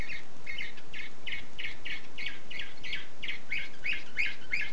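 Canary song: a steady series of repeated chirping syllables, roughly three per second, over a constant hiss.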